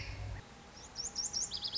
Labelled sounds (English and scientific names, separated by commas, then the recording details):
Lazuli Bunting (Passerina amoena)
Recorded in Sonoma County, California